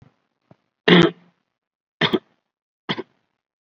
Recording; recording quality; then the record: shallow voluntary cough; excellent, no background noise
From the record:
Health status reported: COVID-19 positive, mild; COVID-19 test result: positive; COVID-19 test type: RT-PCR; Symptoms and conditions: hypertension, diabetes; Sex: male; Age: 70 years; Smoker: no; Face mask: worn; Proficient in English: no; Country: India